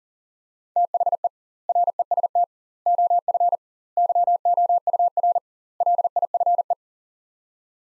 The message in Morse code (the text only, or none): THE REST OF YOUR LIFE